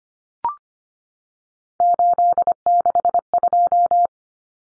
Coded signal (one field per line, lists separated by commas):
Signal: Morse code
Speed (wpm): 25 wpm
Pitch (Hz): 700 Hz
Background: none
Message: 862